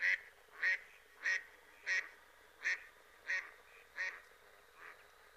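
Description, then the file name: Mallard quacking, eight nasal quacks in an even series about every two-thirds of a second, the last ones softer, with no other sounds. "Germano Reale"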